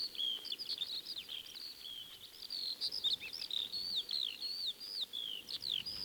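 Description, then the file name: Eurasian skylark delivering an energetic, ceaseless song of looping whistled phrases, chirps and rapid trills, all high-pitched, over low background hiss. Song, 1937. "skylark-song-disc-3-side-a-more-songs-of-wild-birds"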